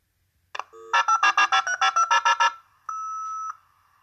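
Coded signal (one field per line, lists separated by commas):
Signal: dial-up modem handshake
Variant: 56k modem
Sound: short tone, about eleven rapid dialing beeps, then a half-second steady tone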